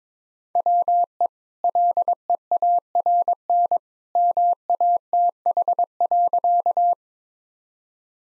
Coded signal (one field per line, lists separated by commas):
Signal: Morse code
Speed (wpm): 22 wpm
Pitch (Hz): 700 Hz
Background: none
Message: WE LEARN MATH.